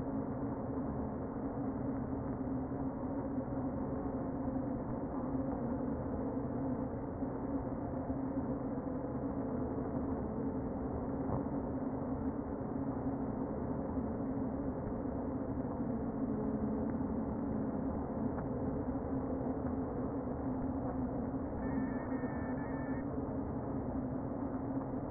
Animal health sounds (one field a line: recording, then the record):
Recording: honeybee colony, microphone inside the hive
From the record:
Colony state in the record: queen present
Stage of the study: before two queens were removed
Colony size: about 60,000 bees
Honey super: yes